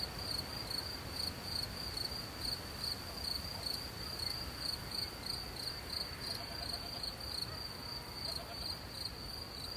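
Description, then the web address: Cricket chirps repeating rapidly, high and thin, over a constant low wash of wind. With soft wind. "sleep well sounds cricket soft-wind-with-crows-and-birds-in-nature"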